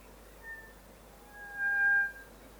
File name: kokako song